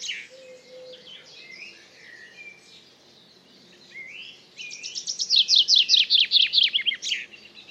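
Common chaffinch song: a fast run of bright descending notes speeding into a trill and ending in a short flourish, after soft chirps and whistles from other birds.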